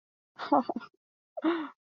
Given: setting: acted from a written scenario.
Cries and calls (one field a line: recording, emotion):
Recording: vocal sound without words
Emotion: positive surprise